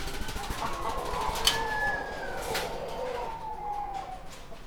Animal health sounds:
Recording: poultry house recording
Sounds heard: healthy chickens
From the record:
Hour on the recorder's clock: 12

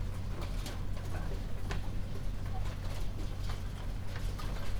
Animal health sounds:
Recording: poultry house recording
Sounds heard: healthy chickens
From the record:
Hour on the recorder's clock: 22

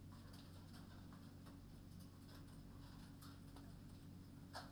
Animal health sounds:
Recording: poultry house recording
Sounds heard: no chicken sound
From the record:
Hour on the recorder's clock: 23

